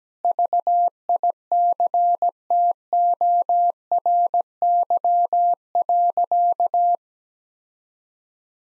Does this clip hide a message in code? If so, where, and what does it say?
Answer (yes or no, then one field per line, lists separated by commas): yes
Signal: Morse code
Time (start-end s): 0.2-7.0 s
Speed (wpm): 17 wpm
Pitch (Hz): 700 Hz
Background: none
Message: VICTORY.